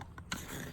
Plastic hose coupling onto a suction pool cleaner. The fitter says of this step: push that on until it clicks it's all locked in